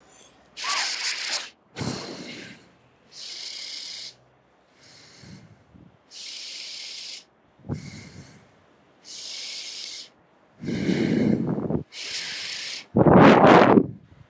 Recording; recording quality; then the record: deep breathing; excellent, no background noise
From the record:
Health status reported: exposed to COVID-19, no respiratory illness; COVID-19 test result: negative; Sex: female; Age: 23 years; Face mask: not worn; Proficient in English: yes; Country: India